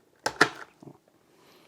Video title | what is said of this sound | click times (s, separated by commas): Flash Powermop Review & Demonstration | make sure it clicks into place | 0.4 s